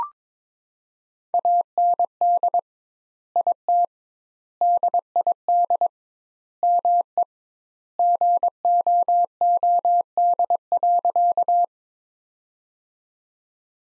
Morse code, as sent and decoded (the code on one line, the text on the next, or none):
.- -. -.. / .. - / -.. .. -.. / -- . / --. --- --- -.. .-.-.-
AND IT DID ME GOOD.